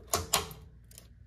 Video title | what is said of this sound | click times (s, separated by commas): How to remove, upgrade or reseat your ram | Now press the top and end and push down till you hear a click. | 0.1 s, 0.3 s